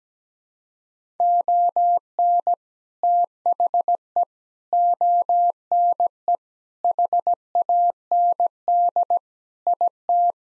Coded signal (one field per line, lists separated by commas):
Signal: Morse code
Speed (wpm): 17 wpm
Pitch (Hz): 700 Hz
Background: none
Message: ON THE ONE HAND IT